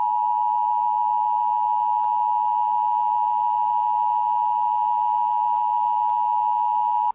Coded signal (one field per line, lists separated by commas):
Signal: Emergency Alert System (SAME) tones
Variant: 853 and 960 Hz attention tone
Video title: EAS Mock: Severe Thunderstorm Warning Asutin TX.